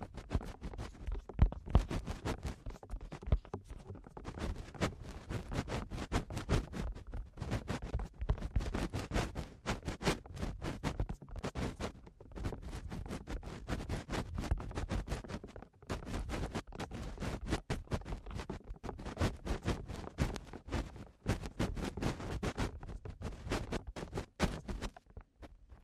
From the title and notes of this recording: Eardrum Cleaning (No Talking).